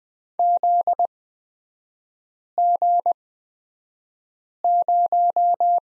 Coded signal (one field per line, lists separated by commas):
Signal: Morse code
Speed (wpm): 20 wpm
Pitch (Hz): 700 Hz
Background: none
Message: ZG0